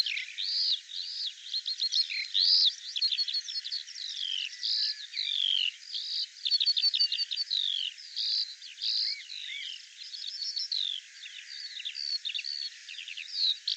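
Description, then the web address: Bird song, long high warbling delivered in surges of rapid chirps, whistled slurs and trills, with short lulls between bursts. Dated 2025; audio cleaned and normalized. "cianscape birddata Deverinetal 2025 File cleaned normalized Bird Al Ar"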